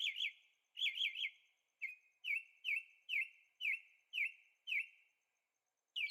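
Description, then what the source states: Bird song of bright chirps, first in fast clusters and then single notes at a steady pace. Birds singing at night in Carefree, Arizona; recorded on a Zoom H6 with stereo microphones.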